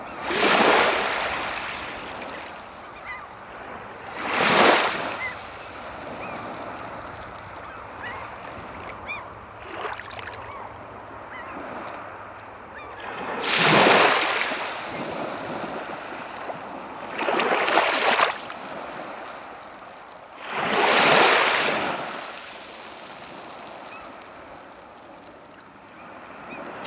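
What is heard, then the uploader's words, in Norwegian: Water runs with a steady hiss, broken by louder rushing surges around five, fourteen, eighteen and twenty-one seconds, each fading back quickly. Lyder av vann i flere stadier.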